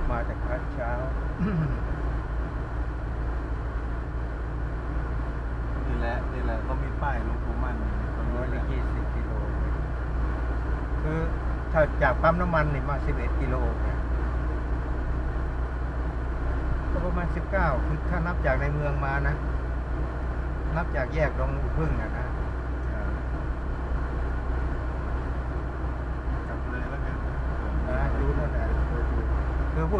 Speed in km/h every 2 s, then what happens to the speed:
60, 60, 61, 62, 61, 63, 62, 62, 62, 64, 63, 65, 67, 67, 66.
0-30 steady at about 62.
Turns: none.